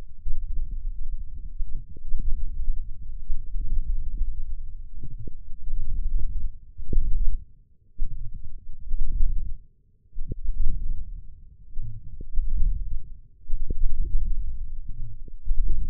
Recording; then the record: forearm muscle sounds (acoustic myography)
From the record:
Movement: ulnar deviation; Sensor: system 1, eight BSWA MPA416 microphones around the upper forearm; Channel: 8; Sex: male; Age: 20 years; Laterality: left